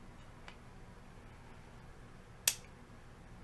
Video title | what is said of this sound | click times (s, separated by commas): Must Have Upgrade AR15, 300 Blackout pistol. Customize AR15, 300 Blackout. | hear that so it clicked on that little rail right here | 2.5 s